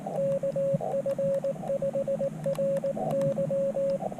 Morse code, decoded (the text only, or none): KF5RY